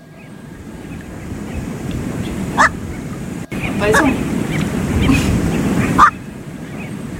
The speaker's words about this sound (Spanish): Me parece que es la garza bruja.